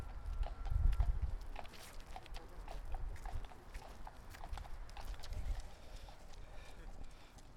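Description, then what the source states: Horse hoofbeats clopping along, with deep rumbling sounds underneath. Central Park.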